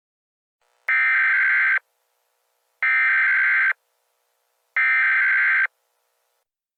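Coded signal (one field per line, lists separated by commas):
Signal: Emergency Alert System (SAME) tones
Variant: header bursts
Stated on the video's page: Fictional EAS scenario, made for entertainment, of a subway sarin attack.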